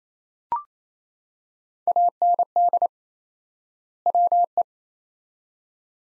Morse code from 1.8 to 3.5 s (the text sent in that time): AND